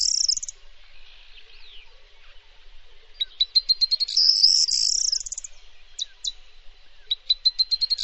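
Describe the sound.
Bird repeating a high song of rapid notes that run into a buzzing trill, with scattered short notes between.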